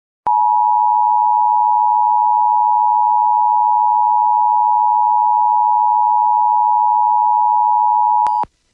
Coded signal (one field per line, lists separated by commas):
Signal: Emergency Alert System (SAME) tones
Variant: 853 and 960 Hz attention tone